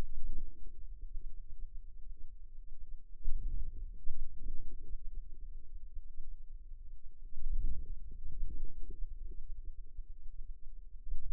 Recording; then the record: forearm muscle sounds (acoustic myography)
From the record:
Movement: hand closing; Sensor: system 2, bracelet of six BSWA MPA416 microphones around the upper forearm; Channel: 1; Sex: female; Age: 23 years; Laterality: right